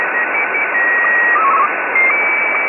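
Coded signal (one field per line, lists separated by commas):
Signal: SSTV (slow-scan television)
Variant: Martin 1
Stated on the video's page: SSTV signal deliberately distorted, generated with software SSTV tools.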